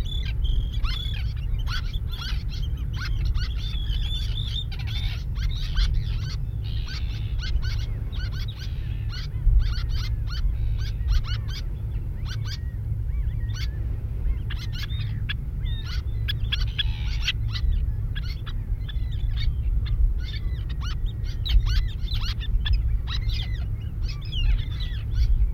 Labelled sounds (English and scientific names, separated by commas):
Little Tern (Sternula albifrons) call